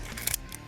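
A magazine is pushed into the grip magazine well of a compact 9 mm Ruger SR1911, a 1911-style pistol, until it locks. Soft scraping and faint ticks lead to two loud, sharp clicks in quick succession at about 0.3 s, followed by a few quieter ticks. The magazine clicks into place and is seated.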